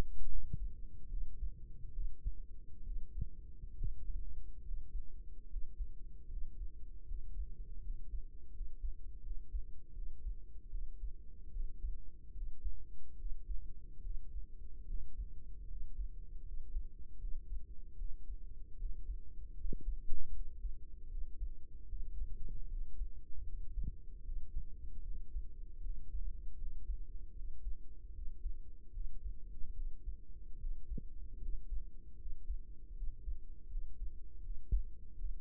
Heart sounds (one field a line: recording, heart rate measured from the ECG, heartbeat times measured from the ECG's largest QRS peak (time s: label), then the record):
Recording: heart sounds by microphone in the right ear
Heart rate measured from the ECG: 76 bpm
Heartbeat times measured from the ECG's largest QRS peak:
0.27 s: heartbeat
1.07 s: heartbeat
1.91 s: heartbeat
2.82 s: heartbeat
3.74 s: heartbeat
4.62 s: heartbeat
5.47 s: heartbeat
6.26 s: heartbeat
7.04 s: heartbeat
7.80 s: heartbeat
8.50 s: heartbeat
9.20 s: heartbeat
9.92 s: heartbeat
10.68 s: heartbeat
11.50 s: heartbeat
12.32 s: heartbeat
13.15 s: heartbeat
14.00 s: heartbeat
14.84 s: heartbeat
15.66 s: heartbeat
16.42 s: heartbeat
17.17 s: heartbeat
17.95 s: heartbeat
18.75 s: heartbeat
19.54 s: heartbeat
20.30 s: heartbeat
21.07 s: heartbeat
21.86 s: heartbeat
22.67 s: heartbeat
23.44 s: heartbeat
24.22 s: heartbeat
25.01 s: heartbeat
25.80 s: heartbeat
26.56 s: heartbeat
27.33 s: heartbeat
28.11 s: heartbeat
28.90 s: heartbeat
29.72 s: heartbeat
30.57 s: heartbeat
31.38 s: heartbeat
32.15 s: heartbeat
32.92 s: heartbeat
33.67 s: heartbeat
34.40 s: heartbeat
35.14 s: heartbeat
From the record:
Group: healthy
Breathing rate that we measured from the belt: 16 breaths a minute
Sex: male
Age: 35 years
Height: 178 cm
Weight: 64 kg